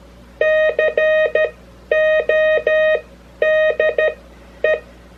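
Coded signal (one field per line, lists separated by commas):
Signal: Morse code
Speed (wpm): 13 wpm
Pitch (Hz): 620 Hz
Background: music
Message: CODE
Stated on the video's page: Morse sent on a J-47 straight key through a practice oscillator, with standard and Farnsworth timing.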